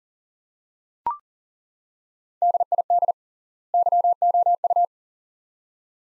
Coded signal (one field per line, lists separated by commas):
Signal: Morse code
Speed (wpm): 40 wpm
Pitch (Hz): 700 Hz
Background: none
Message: DID YOU